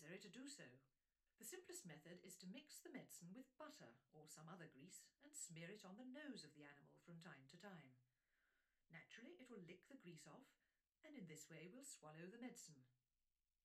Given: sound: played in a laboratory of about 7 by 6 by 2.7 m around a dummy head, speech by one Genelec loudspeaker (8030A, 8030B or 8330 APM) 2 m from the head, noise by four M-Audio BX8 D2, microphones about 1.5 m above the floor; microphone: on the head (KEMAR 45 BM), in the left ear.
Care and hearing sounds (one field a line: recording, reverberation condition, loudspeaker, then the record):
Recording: female speech in English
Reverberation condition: low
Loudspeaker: 150 degrees to the left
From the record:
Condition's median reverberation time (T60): about 310 ms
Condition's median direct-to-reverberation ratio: about 3.5 dB